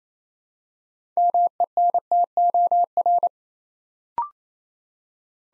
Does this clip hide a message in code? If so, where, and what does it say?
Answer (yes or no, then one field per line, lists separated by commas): yes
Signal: Morse code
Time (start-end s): 1.2-3.3 s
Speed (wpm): 27 wpm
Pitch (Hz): 700 Hz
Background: none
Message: MENTOR